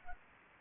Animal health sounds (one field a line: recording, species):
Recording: mosquito wingbeat signal from an infrared sensor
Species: Anopheles gambiae